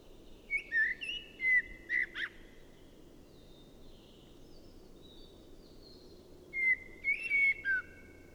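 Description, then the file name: Common blackbird singing: a fluty, wavering whistled phrase with squeaky high notes, a pause, then a second rich phrase with a sliding finish; faint steady noise underneath. "Turdus merula"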